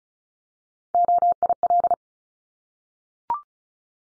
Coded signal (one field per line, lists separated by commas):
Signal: Morse code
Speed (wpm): 36 wpm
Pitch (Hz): 700 Hz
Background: none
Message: OIL